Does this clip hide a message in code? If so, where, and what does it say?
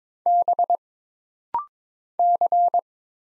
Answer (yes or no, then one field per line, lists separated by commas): yes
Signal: Morse code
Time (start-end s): 0.3-2.8 s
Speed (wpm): 22 wpm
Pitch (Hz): 700 Hz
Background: none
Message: B C